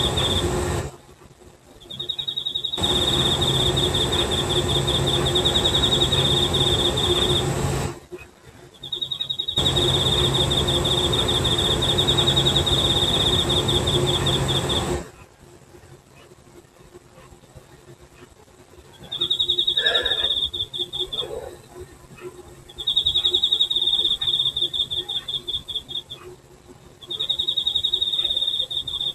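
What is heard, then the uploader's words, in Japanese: Insects chirr in Hokkaido, a high, thin buzzing trill that comes in bursts of several seconds with short pauses between. Through the first half a loud rushing noise swells and cuts off along with the calls, then falls away, leaving the trills clearer and quieter. 北海道の虫の声。ザーって言うノイズ的な雑音が入ってるけど、実際には耳には聞こえてなかったんだけど、収録したものだけにノイズが…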